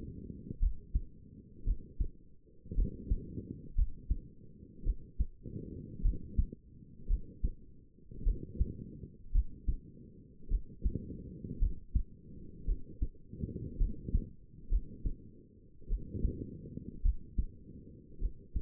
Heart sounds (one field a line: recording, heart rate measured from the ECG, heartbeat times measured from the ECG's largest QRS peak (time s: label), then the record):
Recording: heart sounds by stethoscope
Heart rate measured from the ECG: 55 bpm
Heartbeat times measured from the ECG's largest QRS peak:
0.60 s: heartbeat
1.65 s: heartbeat
2.75 s: heartbeat
3.76 s: heartbeat
4.84 s: heartbeat
6.03 s: heartbeat
7.08 s: heartbeat
8.24 s: heartbeat
9.32 s: heartbeat
10.49 s: heartbeat
11.60 s: heartbeat
12.66 s: heartbeat
13.78 s: heartbeat
14.70 s: heartbeat
15.88 s: heartbeat
17.03 s: heartbeat
18.20 s: heartbeat
From the record:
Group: healthy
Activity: rest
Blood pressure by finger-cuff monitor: 106/63 mmHg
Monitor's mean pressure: 78 mmHg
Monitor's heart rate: 55 bpm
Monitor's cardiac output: 5.1 L/min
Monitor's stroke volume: 93 mL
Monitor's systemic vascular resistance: 1110 dyn s/cm5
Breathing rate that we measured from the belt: 22 breaths a minute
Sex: female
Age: 28 years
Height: 170 cm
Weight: 77 kg